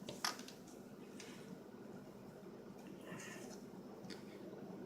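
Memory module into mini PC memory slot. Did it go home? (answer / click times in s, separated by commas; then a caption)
no / none. A laptop-style memory stick is pushed with both hands into the memory slot of a NUC6CAYH mini PC, producing faint scraping and small taps, the sharpest near 0.3 s, over a steady low hum. The module does not go all the way in, and nothing has seated or clicked yet.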